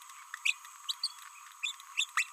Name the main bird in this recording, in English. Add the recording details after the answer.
Green-rumped Parrotlet. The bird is a male. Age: 30 days. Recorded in a nest box in Venezuela. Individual 17B31A1